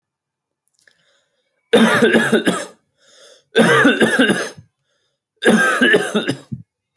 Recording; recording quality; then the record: heavy voluntary cough; excellent, no background noise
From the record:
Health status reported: exposed to COVID-19, no respiratory illness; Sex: male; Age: 26 years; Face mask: not worn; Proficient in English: yes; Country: India